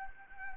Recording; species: mosquito wingbeat signal from an infrared sensor; Anopheles arabiensis